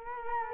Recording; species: mosquito wingbeat signal from an infrared sensor; Culex quinquefasciatus